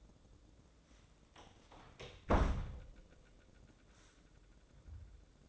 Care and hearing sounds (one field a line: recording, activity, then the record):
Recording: daily activity, microphone in the room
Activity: close door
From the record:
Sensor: 3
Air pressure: 1012.3 hPa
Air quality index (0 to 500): 182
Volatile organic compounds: 3 ppm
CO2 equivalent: 1392 ppm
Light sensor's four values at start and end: 534/1328/548/560 and 529/1315/542/554